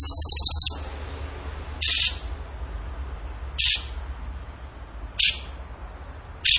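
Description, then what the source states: Bird song: one high pulsing trill followed by brief, piercing chips recurring about every one and a half seconds over steady low hum. Training recording (masteran) of a bird singing in the gacor tembakan style.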